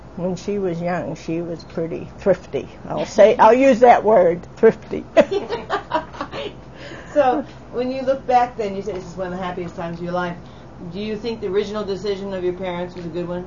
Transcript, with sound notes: when she was young she was pretty thrifty I'll say. I'll use that word, thrifty (both laugh)
So, when you look back then, you said this is one of the happiest times of your life, do you think the original decision of your parents was a good one?